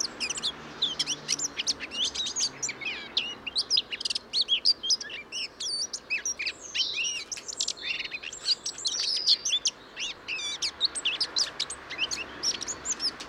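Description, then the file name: Eurasian blackcap warbling song, a dense continuous stream of quick, varied high chirps and scratchy notes running through the whole stretch without pause. "Sylvia atricapilla"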